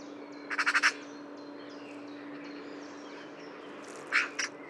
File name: Pica pica